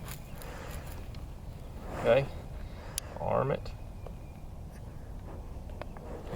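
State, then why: Seated. A steel foothold coyote trap is armed in its dirt bed while someone talks. At 5.8 s the trigger dog catches under the pan notch with a short, sharp metallic click, and the trap is set.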